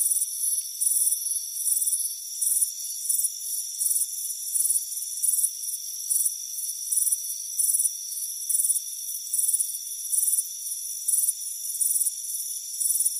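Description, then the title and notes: Crickets give short, very high chirps in a continuous series against a constant thin hum. Chirping crickets on a warm afternoon by a front porch. "Soothing Crickets Chirping Sound. It's a warm afternoon as you relax in a hammock on the front porch. Relax and fall asleep to the soothing sound of chirping crickets. Deep Sleep Sounds"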